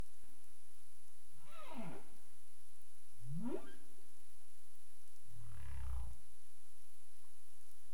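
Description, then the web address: Humpback whale song units: two sweeping moans gliding between low and high pitch, then a deep low grunt, over a faint steady hiss. Caribbean; 27 April 2035 at 22:35 UTC. "CARIMAM clean data humpback whale"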